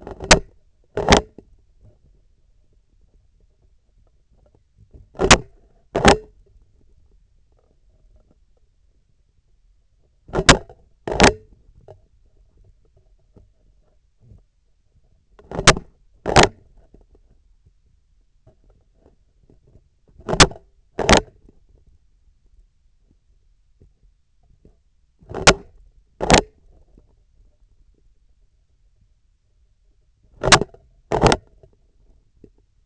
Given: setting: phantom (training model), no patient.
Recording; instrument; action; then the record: laparoscopic instrument, vibration sensor on the handle end; scissors; opening and closing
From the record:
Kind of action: tool actuation without material contact